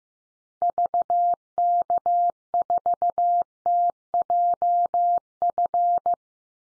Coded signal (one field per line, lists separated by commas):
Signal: Morse code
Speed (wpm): 15 wpm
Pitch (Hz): 700 Hz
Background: none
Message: VK4TJF